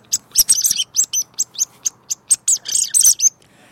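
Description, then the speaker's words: Barn Swallow twittering: a rapid, chattering stream of high, squeaky notes and short buzzy trills, running continuously for a few seconds. Twittering serves as both a small contact call and a small song; nests in barns under beams, building a nest from clay and moisture. "L'hirondelle, ça babille. C'est vraiment typique, hein. Donc c'est à la fois un petit cri de contact et un petit chant. Celle-là, c'est l'hirondelle rustique, qu'on appelle aussi hirondelle de cheminée."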